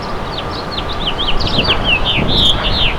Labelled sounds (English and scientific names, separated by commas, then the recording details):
House Finch (Haemorhous mexicanus) song
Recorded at Bay Shore on Long Island, New York, on 29 May 2013
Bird E